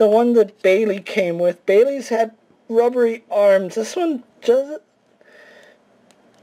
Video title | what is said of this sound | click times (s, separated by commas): WWE Basic Series: NXT Takeover: Andrade "Cien" Almas Review | there's no click no nothing so it's a little hard to tell if you actually got it in | none